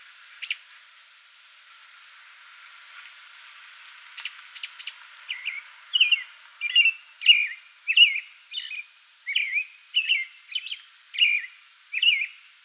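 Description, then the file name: American robin: a few isolated high notes, then a steady run of whistled caroling phrases. Pre-dawn song bout recorded 8 May 2022. "2022-05-08 American Robin pre-dawn song bout"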